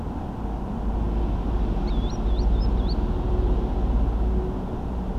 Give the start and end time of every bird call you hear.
1.85s-2.95s: Green Sandpiper (Tringa ochropus)

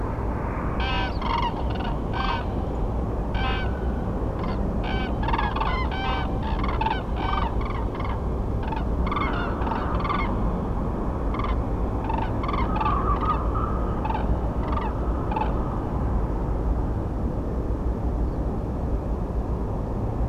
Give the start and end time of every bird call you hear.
0.79s-2.41s: Common Crane (Grus grus)
3.33s-3.68s: Common Crane (Grus grus)
4.82s-8.15s: Common Crane (Grus grus)
8.62s-10.28s: Common Crane (Grus grus)
11.31s-11.54s: Common Crane (Grus grus)
12.03s-13.39s: Common Crane (Grus grus)
14.03s-14.26s: Common Crane (Grus grus)
14.62s-14.91s: Common Crane (Grus grus)
15.30s-15.51s: Common Crane (Grus grus)

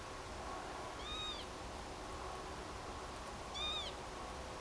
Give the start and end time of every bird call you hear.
0.99s-1.43s: Northern Lapwing (Vanellus vanellus)
3.54s-3.91s: Northern Lapwing (Vanellus vanellus)

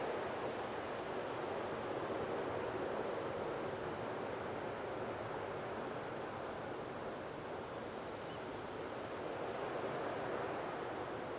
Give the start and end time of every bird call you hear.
8.28s-8.37s: Eurasian Oystercatcher (Haematopus ostralegus)

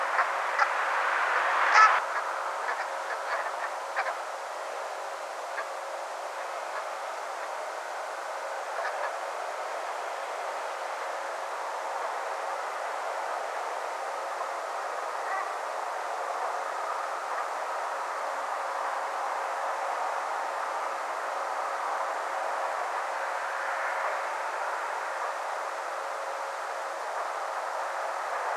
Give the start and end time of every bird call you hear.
0.17s-0.24s: Brent Goose (Branta bernicla)
0.58s-0.65s: Brent Goose (Branta bernicla)
1.72s-2.21s: Brent Goose (Branta bernicla)
2.67s-2.84s: Brent Goose (Branta bernicla)
3.09s-3.68s: Brent Goose (Branta bernicla)
3.96s-4.12s: Brent Goose (Branta bernicla)
5.56s-5.63s: Brent Goose (Branta bernicla)
6.74s-6.82s: Brent Goose (Branta bernicla)
8.83s-9.09s: Brent Goose (Branta bernicla)
15.27s-15.44s: Brent Goose (Branta bernicla)

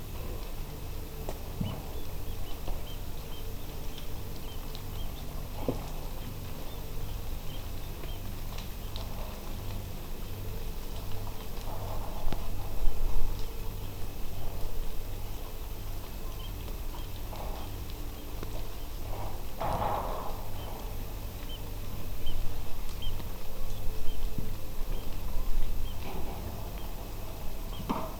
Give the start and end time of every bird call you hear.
1.63s-1.72s: Eurasian Oystercatcher (Haematopus ostralegus)
2.26s-2.52s: Eurasian Oystercatcher (Haematopus ostralegus)
2.86s-2.96s: Eurasian Oystercatcher (Haematopus ostralegus)
3.31s-3.65s: Eurasian Oystercatcher (Haematopus ostralegus)
3.92s-4.57s: Eurasian Oystercatcher (Haematopus ostralegus)
4.93s-5.20s: Eurasian Oystercatcher (Haematopus ostralegus)
6.20s-6.26s: Eurasian Oystercatcher (Haematopus ostralegus)
6.68s-6.79s: Eurasian Oystercatcher (Haematopus ostralegus)
7.47s-8.17s: Eurasian Oystercatcher (Haematopus ostralegus)
10.24s-10.29s: Eurasian Oystercatcher (Haematopus ostralegus)
11.37s-11.44s: Eurasian Oystercatcher (Haematopus ostralegus)
12.16s-12.22s: Eurasian Oystercatcher (Haematopus ostralegus)
16.39s-16.48s: Eurasian Oystercatcher (Haematopus ostralegus)
16.96s-17.06s: Eurasian Oystercatcher (Haematopus ostralegus)
17.56s-17.69s: Eurasian Oystercatcher (Haematopus ostralegus)
18.16s-18.25s: Eurasian Oystercatcher (Haematopus ostralegus)
18.70s-18.85s: Eurasian Oystercatcher (Haematopus ostralegus)
20.57s-20.66s: Eurasian Oystercatcher (Haematopus ostralegus)
21.49s-21.57s: Eurasian Oystercatcher (Haematopus ostralegus)
22.25s-22.34s: Eurasian Oystercatcher (Haematopus ostralegus)
23.01s-23.10s: Eurasian Oystercatcher (Haematopus ostralegus)
23.70s-23.80s: Eurasian Oystercatcher (Haematopus ostralegus)
24.07s-24.16s: Eurasian Oystercatcher (Haematopus ostralegus)
24.94s-25.05s: Eurasian Oystercatcher (Haematopus ostralegus)
25.85s-25.93s: Eurasian Oystercatcher (Haematopus ostralegus)
26.77s-26.85s: Eurasian Oystercatcher (Haematopus ostralegus)
27.73s-27.80s: Eurasian Oystercatcher (Haematopus ostralegus)

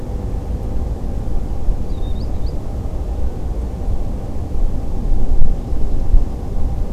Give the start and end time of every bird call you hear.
1.88s-2.54s: Green Sandpiper (Tringa ochropus)

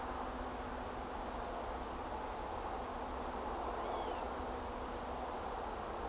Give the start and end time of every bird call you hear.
3.79s-4.22s: Northern Lapwing (Vanellus vanellus)

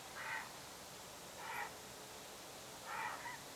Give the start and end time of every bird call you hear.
0.13s-0.52s: Grey Heron (Ardea cinerea)
1.38s-1.68s: Grey Heron (Ardea cinerea)
2.85s-3.41s: Grey Heron (Ardea cinerea)

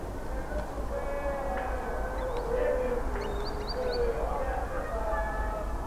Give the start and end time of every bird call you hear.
2.18s-2.41s: Green Sandpiper (Tringa ochropus)
3.21s-3.97s: Green Sandpiper (Tringa ochropus)

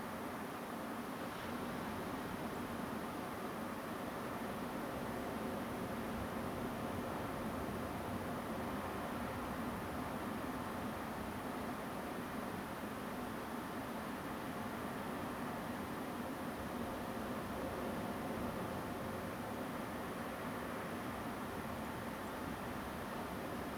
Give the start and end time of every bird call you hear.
2.54s-2.57s: Song Thrush (Turdus philomelos)
21.84s-21.86s: Song Thrush (Turdus philomelos)
22.26s-22.29s: Song Thrush (Turdus philomelos)

